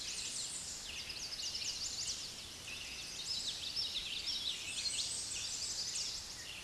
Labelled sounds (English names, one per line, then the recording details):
Chestnut-sided Warbler song
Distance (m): 35 m
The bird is about 5 m above the microphone
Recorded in a Pennsylvania forest on 16 May 2024 at 06:32
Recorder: AudioMoth, point MSD-2478
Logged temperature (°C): 15.6 °C
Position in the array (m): 88 m, 182 m